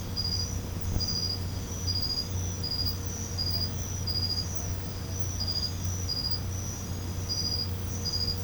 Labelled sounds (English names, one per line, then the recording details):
none
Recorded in pastures near Puerto Asís, Putumayo, Colombia, on 21 December 2024 at 23:00
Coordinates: 0.505, -76.324
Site G063